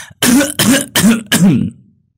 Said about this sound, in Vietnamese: Bà cụ ho lên một tràng dài.